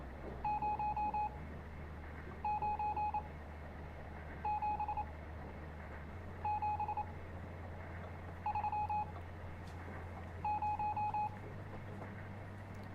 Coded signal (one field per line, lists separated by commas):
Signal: Morse code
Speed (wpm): 28 wpm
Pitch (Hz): 840 Hz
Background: none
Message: 0 9 7 7 3 0